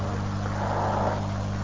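A car passes outside, a steady low engine rumble with a droning hum that swells slightly midway before easing, with no talking over it.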